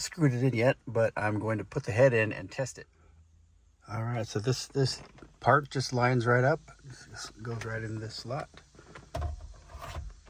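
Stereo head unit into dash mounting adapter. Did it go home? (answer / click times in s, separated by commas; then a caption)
no / none. A Jenson CAR813 stereo head unit is lined up with the slot of a dash mounting adapter, not yet screwed in, in a 2015 Toyota Camry, and guided into the slot. Someone talks through most of the clip, followed by brief handling noises around 9.0 and 9.2 seconds. Nothing has seated or clicked into place yet.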